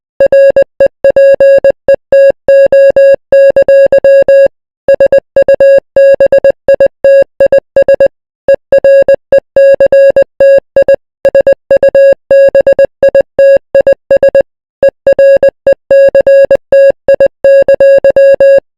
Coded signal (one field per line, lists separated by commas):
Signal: Morse code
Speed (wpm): 20 wpm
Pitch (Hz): 550 Hz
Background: music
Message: REPETO! SUBITIS ERECTI SUBITIS ERECTI!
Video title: Baja California EAS Alarm